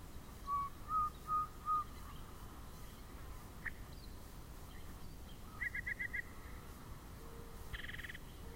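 Yellow-breasted chat song: four mellow whistles, a pause, a rapid run of about five higher clipped notes, then a short harsh buzzy burst; soft background hiss throughout.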